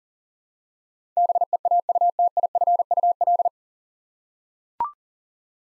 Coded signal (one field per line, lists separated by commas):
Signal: Morse code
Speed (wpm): 40 wpm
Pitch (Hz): 700 Hz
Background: none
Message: BEAUTIFUL